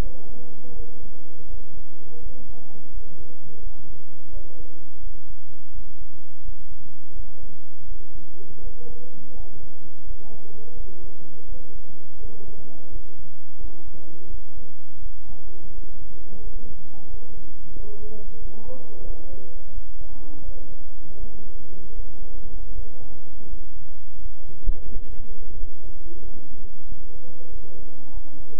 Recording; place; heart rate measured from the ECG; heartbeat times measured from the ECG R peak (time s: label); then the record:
heart sounds by stethoscope; between the tricuspid and mitral areas; 85 bpm
0.73 s: heartbeat
1.47 s: heartbeat
2.20 s: heartbeat
2.91 s: heartbeat
3.60 s: heartbeat
4.30 s: heartbeat
5.00 s: heartbeat
5.72 s: heartbeat
6.42 s: heartbeat
7.13 s: heartbeat
7.85 s: heartbeat
8.61 s: heartbeat
9.33 s: heartbeat
10.04 s: heartbeat
10.74 s: heartbeat
11.46 s: heartbeat
12.18 s: heartbeat
12.89 s: heartbeat
13.58 s: heartbeat
14.28 s: heartbeat
15.00 s: heartbeat
15.72 s: heartbeat
16.40 s: heartbeat
17.07 s: heartbeat
17.73 s: heartbeat
18.39 s: heartbeat
19.04 s: heartbeat
19.71 s: heartbeat
20.42 s: heartbeat
21.17 s: heartbeat
21.93 s: heartbeat
22.73 s: heartbeat
23.47 s: heartbeat
24.19 s: heartbeat
24.90 s: heartbeat
25.57 s: heartbeat
26.22 s: heartbeat
26.86 s: heartbeat
27.50 s: heartbeat
28.11 s: heartbeat
From the record:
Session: bicycle stress test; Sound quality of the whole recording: good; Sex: male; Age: 26 years